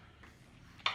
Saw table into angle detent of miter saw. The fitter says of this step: it'll snap into 15 if i let it go